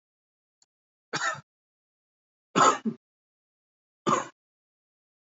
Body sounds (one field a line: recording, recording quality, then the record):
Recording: shallow voluntary cough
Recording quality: excellent, no background noise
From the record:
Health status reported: healthy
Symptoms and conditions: diabetes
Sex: male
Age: 49 years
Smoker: not ticked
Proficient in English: yes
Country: India